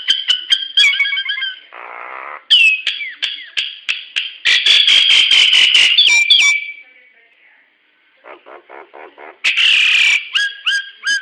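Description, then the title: Nias hill myna calls: varied whistles, buzzy nasal notes and fast rattling chatter, a short pause, then soft pulsed notes and a loud harsh squawk. "Burung jalak nias"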